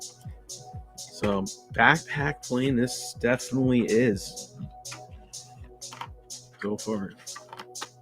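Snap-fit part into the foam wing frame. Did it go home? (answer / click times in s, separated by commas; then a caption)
no / none. A snap-fit part is handled and pushed toward its mount on a foam FPV wing frame while someone talks over steady background music, with a few faint taps and knocks between the words. Nothing has seated or clicked yet; the clip ends before the part goes home.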